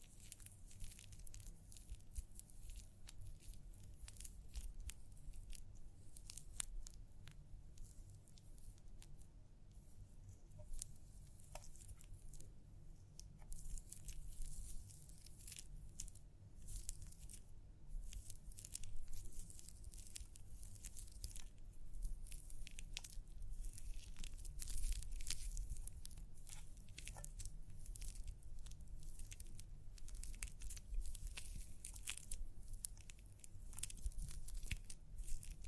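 Scalp massage during a hair wash, heard as dense, crackly rubbing and scratching that goes on without a break. Bursts of sharp, bright crinkles come irregularly and are busiest later on. Underneath runs a steady low hum.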